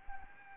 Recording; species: mosquito wingbeat signal from an infrared sensor; Anopheles gambiae